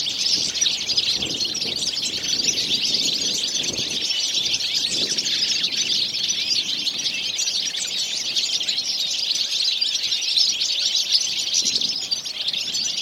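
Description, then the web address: Birds in a steady, crowded chorus of high, fast twittering notes running the whole time. "Deverinetal"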